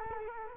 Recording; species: mosquito wingbeat signal from an infrared sensor; Culex quinquefasciatus